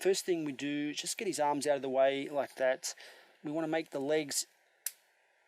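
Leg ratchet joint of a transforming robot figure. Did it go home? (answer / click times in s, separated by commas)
yes / 4.9 s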